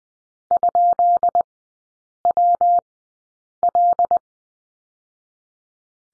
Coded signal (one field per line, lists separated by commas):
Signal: Morse code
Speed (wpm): 20 wpm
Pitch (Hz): 700 Hz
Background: none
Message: ?WL